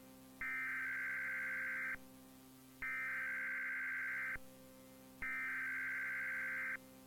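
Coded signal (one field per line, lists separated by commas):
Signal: Emergency Alert System (SAME) tones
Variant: header bursts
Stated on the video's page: Fictional mock Blue Alert for Tennessee; the tones are stated to be valid.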